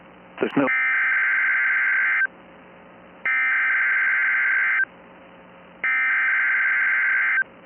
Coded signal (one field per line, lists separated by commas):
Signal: Emergency Alert System (SAME) tones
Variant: header bursts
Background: speech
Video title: EAS Snow Squall Warning Downtown Millwuakee, Wisconsin NOAA Weather Radio (First in City History!)